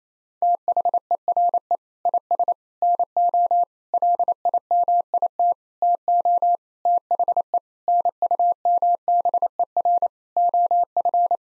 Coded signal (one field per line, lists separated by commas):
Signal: Morse code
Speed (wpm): 28 wpm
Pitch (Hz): 700 Hz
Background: none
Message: THERE IS NO LIMIT TO THE NUMBER OF